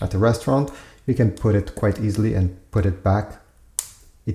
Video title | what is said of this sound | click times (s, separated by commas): Spigen Tough Armor Case for iPhone 16 - My Impressions | clicks back in place uh when it's not in use | 3.8 s